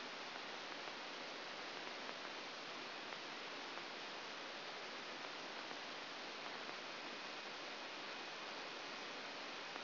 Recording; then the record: brain microelectrode recording played as sound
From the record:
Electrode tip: outside the subthalamic nucleus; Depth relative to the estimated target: -6 mm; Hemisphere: left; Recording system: AlphaMap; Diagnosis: Parkinson's disease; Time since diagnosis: 12 years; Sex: male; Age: 57 years